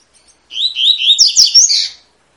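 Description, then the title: Double-collared seedeater singing a bright phrase that opens with sliding whistles and breaks into fast, high, buzzy trills before stopping after about one and a half seconds. Tui-tui song style, used as a tutor recording for teaching young birds to sing. "COLEIRO TUI TUI FIBRA"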